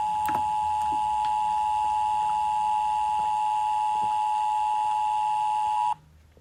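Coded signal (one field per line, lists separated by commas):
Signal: Emergency Alert System (SAME) tones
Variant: 853 and 960 Hz attention tone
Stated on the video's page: Fictional EAS scenario animation, not a real alert.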